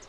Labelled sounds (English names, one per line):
Lucy's Warbler flight call